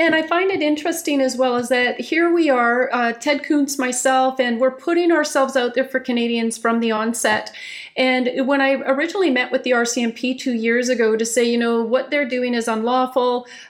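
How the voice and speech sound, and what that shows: A woman speaks fluently at a conversational pace in a clear, steady, mid-pitched voice with a normal quality.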